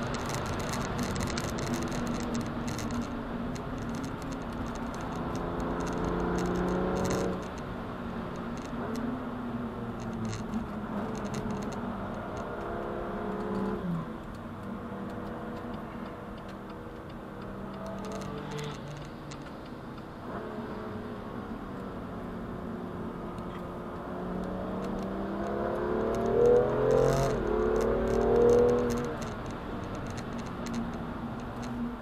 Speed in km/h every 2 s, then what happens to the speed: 163, 124, 126, 133, 118, 83, 88, 90, 88, 88, 80, 73, 98, 131, 133, 112.
0-2 brakes to 124. 2-7 steady at about 126. 7-10 brakes to 83. 10-19 steady at about 88. 19-22 brakes to 73. 22-28 speeds up to 133. 28-30 brakes to 112.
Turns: 8-12, 20-24.